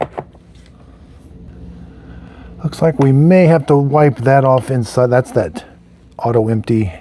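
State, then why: Seated. A plastic door is pressed onto the body of a Roborock Saros 20 robot vacuum and clicks shut at 0.0 s, seating it. After a quiet stretch, someone talks.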